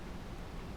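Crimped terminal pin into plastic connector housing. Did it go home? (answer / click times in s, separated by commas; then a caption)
no / none. A crimped wire terminal pin is handled at a small plastic connector housing for a 5200 controller cable harness, just before being pushed in to lock. Only a steady, even hiss of broadband noise is heard, with no distinct click. Nothing has seated or clicked yet.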